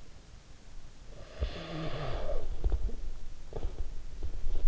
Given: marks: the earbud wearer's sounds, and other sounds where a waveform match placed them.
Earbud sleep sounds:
sounds in sleep by an in-ear microphone; breath, teeth grinding
0.90-3.19 s: breath
2.39-4.27 s: teeth grinding

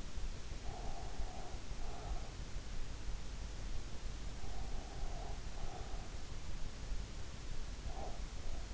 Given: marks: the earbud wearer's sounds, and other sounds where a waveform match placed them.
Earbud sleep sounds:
sounds in sleep by an in-ear microphone; breath
0.62-2.37 s: breath
4.42-6.08 s: breath
7.80-8.74 s: breath

